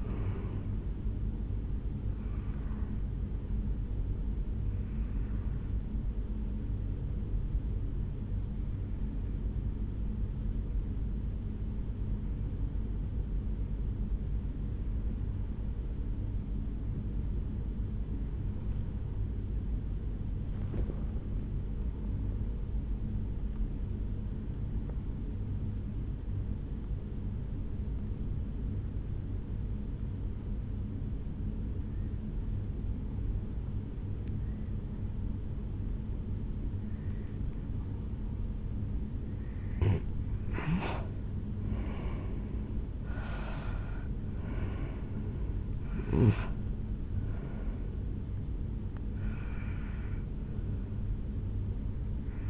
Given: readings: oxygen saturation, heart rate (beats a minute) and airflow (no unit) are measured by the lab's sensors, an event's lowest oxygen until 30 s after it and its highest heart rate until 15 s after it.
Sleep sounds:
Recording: breathing in sleep by a smartphone at the bedside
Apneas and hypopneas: 1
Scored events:
9.00-39.90 s: hypopnea (N1, oxygen 96% highest, then 86% lowest, heart rate 60 at the start, 74 highest)
26.00-52.50 s: new sleep stage, N2 (light sleep)
From the record:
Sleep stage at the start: N1 (lightest sleep)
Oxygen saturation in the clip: 87 to 96%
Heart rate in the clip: 56 to 74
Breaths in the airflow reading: 8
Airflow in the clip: -8.9 to 5.9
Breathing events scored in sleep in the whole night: 449 in 7.0 hours asleep

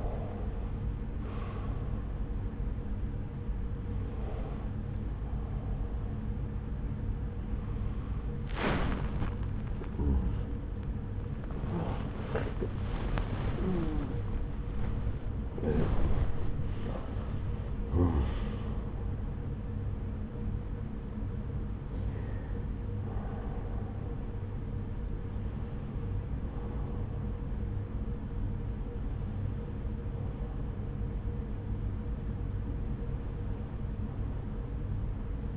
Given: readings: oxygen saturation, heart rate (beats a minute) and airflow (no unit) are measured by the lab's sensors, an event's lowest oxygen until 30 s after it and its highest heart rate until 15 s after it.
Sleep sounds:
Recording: a person awake in a sleep study, by a smartphone at the bedside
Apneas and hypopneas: none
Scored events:
0.00-35.57 s: awake
From the record:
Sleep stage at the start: awake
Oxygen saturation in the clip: 92 to 97%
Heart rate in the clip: 76 to 102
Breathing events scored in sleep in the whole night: 303 in 8.1 hours asleep

